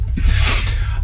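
A single loud, hissing burst with a breathy onset: an adult man's deliberately imitated sneeze, not a real one.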